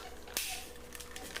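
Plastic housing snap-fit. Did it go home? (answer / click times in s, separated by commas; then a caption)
yes / 0.4 s, 0.9 s, 1.2 s, 1.4 s. The second plastic half of a Kenmore canister vacuum hose handle is pressed onto the first half over the switch and alignment dowels. A sharp snap comes at 0.4 s, followed by quieter snaps at 1.0, 1.2 and 1.4 s as the halves snap together and seat in place.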